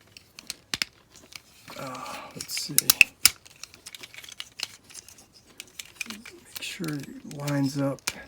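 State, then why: Not seated. Someone talks while lining up a plastic tab on a Transformers Legacy Stunticons combiner robot figure with its slot during the Menasor transformation, with scattered small plastic clicks and taps from handling. The clip ends before the tab is pushed home, so nothing has seated or snapped in yet.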